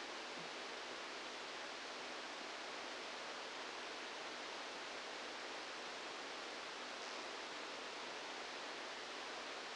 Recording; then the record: brain microelectrode recording played as sound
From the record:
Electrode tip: outside the subthalamic nucleus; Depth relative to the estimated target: -4 mm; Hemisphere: left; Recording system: NeuroSet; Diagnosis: Parkinson's disease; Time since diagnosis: 10 years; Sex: male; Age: 63 years